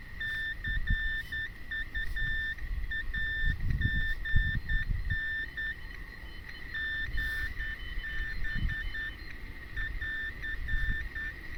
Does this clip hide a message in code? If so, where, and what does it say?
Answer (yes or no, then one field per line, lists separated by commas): yes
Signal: Morse code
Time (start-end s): 0.2-11.3 s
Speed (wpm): 10 wpm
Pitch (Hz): 1800 Hz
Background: none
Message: CUAGN GB <AR>